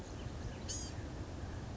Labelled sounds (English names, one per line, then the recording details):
Blue-gray Gnatcatcher
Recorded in Sonoma County, California